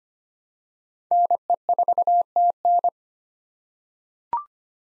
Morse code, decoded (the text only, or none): NE4TN